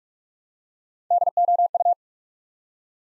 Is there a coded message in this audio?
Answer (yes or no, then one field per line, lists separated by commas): yes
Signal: Morse code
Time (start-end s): 1.1-1.9 s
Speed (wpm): 44 wpm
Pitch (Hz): 700 Hz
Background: none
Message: DOU